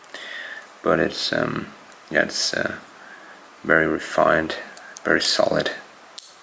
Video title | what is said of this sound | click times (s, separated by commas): Omega Speedmaster Professional "Moonwatch" Review | clicks solid of course this is um the clasp itself | 6.2 s